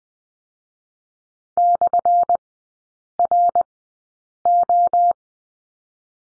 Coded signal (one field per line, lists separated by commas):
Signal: Morse code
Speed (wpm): 20 wpm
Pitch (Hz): 700 Hz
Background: none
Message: /RO